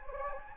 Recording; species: mosquito wingbeat signal from an infrared sensor; Anopheles gambiae